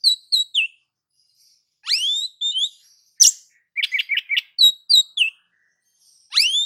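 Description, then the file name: Oriental magpie-robin singing varied clear whistles, including loud upslurred notes and quick chirp clusters, phrases separated by brief silences. "Suara-Kacer-Versi-7"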